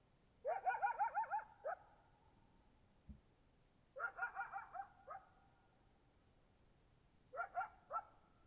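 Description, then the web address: Coyote yipping in three bursts of quavering yelps, separated by quiet gaps. Recorded in Oregon in 2015. "Discover Oregon - Coyotes Coyotes 2015 13 28 Sutton Close Coyote"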